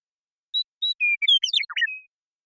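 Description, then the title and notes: Western meadowlark song: two clear whistled notes, then a longer whistle and a quick tumbling, gurgling jumble of falling and rising notes ending in a flat whistle. Song, contact calls and flush; recorded in the Pacific Northwest, Washington, United States. "Western Meadowlark, Sturnella neglecta, song, contact calls, and flush, family: Troupials and Allies Recorded in the beautiful Pacific Northwest in Washington, United States"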